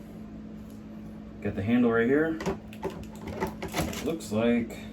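Someone talks while handling the plastic handle of a BISSELL PowerLifter Pet 2260 upright vacuum, about to push it down into the body's socket during assembly. A few brief knocks of handling are heard around 3.0, 3.4 and 3.6 seconds. The handle has not snapped into the body yet; nothing has seated.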